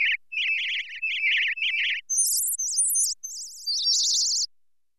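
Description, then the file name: Bird chirping in trilled phrases: first a lower repeated series, then a higher run of fluttering notes. "Birds chirping and tweeting"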